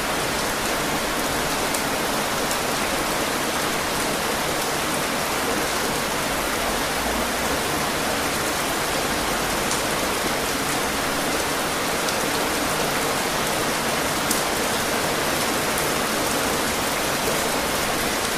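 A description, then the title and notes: Heavy rain falls in a dense, unbroken hiss that holds steady for the whole stretch, bright and full with little low rumble. Faint sharper drop hits flick through now and then, especially near the middle and later on, over the constant wash. Heavy Rain Showers. The constant, relaxing rain shower is a blanket of white noise.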